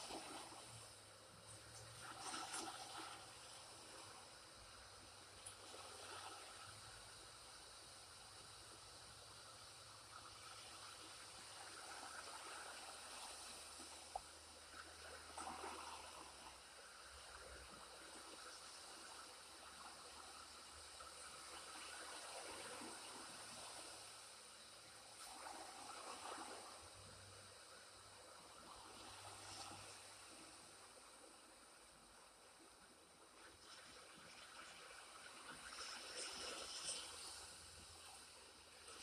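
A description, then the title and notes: Water runs steadily throughout, a dense hissing wash with brighter surges and splashes recurring every few seconds, notably around 2, 15, 26 and 37 seconds. A faint low hum drifts underneath, rising and falling in pitch now and then. The sound of water.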